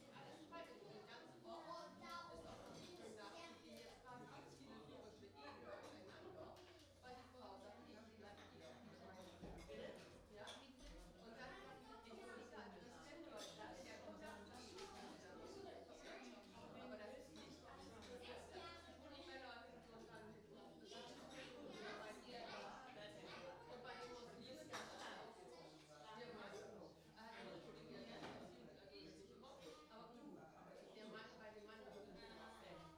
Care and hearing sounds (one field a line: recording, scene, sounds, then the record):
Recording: everyday scene through a hearing-aid microphone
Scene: many people talking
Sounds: many voices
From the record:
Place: parish hall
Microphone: in the ear canal, right